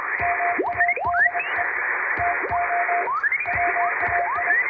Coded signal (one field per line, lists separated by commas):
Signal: Morse code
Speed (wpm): 25 wpm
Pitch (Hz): 700 Hz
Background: music, radio noise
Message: MADE TO WAI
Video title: 【無線通信士】欧文ＣＷをエレキーＭＫ－７０６で叩いてみました。生身のモールス信号で受信練習をしてみませんか(training for radio operator)